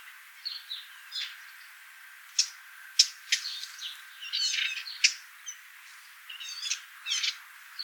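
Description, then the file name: Eurasian blackcap calls, sharp clicking notes given singly at uneven gaps, mixed with softer high chirps and twittering from other birds. "Sylvia atricapilla"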